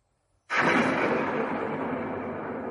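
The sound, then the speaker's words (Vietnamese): A single loud gunshot, fired from a gun, bursts out of silence, its sharp crack giving way to a long, roaring rumble that barely fades over the next two seconds. No voices are heard. “Chính Hàng xoay người lại đưa súng lên bắn một phát”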